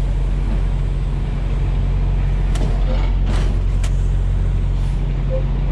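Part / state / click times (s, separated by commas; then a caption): trailer kingpin into tractor fifth wheel / seated / 2.5 s, 3.8 s. A tractor backs under a trailer, and its steel fifth wheel jaws close around the trailer kingpin over a steady low engine rumble. Sharp metallic clicks come at 2.6 s and 3.8 s. The jaws latch onto the kingpin and the coupling is seated, with a tug test planned to confirm it.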